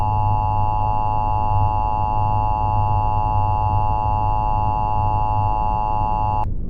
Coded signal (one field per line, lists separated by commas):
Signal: Emergency Alert System (SAME) tones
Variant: 853 and 960 Hz attention tone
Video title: The Signal of Life | A YP EAS Scenario